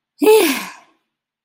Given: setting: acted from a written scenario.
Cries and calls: vocal sound without words; relief

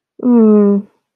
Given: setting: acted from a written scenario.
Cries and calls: vocal sound without words; sympathy

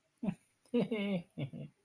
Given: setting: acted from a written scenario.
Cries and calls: vocal sound without words; romantic love

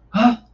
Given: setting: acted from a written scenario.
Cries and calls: vocal sound without words; negative surprise

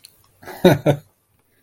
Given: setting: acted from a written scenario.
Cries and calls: vocal sound without words; amusement

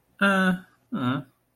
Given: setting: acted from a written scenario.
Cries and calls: vocal sound without words; neutral

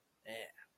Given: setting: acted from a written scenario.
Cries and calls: vocal sound without words; serenity

